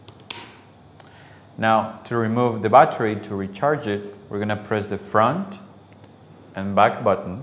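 A charged battery pack is pushed all the way into the battery compartment of a handheld FOTRIC P-MiX AcouTherm thermal/acoustic camera and seats with a sharp snap at 0.3 s. Softer clicks follow, then someone talks.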